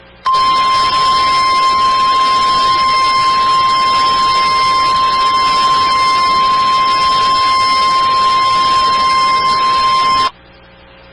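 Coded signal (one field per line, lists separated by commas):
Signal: Emergency Alert System (SAME) tones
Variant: 1050 Hz attention tone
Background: speech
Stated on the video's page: Severe Thunderstorm Warning alert captured from a livestream.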